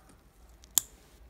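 A plastic IV cannula is advanced off its introducer needle during insertion, with faint soft ticks before a single sharp, bright click at 0.8 s. The click is tied to advancing the cannula and is likely the needle safety shield engaging.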